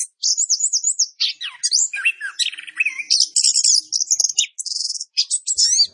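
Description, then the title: Orange-headed thrush song, a fast varied stream of high whistles, rapid buzzy trills and chirps with few pauses. Orange-headed thrush singing in a vigorous, continuous (gacor) style with rapid roll material, used as masteran for training cage birds. "Anis Kembang Gacor. Masteran Anis Kembang materi Roll Speed"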